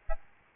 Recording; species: mosquito wingbeat signal from an infrared sensor; Aedes albopictus